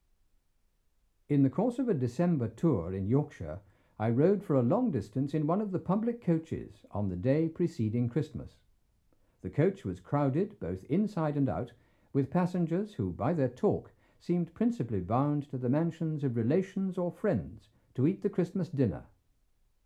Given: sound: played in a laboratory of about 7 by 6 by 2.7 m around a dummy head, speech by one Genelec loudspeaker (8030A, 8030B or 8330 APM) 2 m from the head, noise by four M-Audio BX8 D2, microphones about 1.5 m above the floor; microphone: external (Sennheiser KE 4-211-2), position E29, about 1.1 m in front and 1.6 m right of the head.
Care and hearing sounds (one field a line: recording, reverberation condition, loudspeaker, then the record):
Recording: male speech in English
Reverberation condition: low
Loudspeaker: 60 degrees to the right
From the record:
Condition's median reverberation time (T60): about 310 ms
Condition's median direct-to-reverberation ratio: about 3.5 dB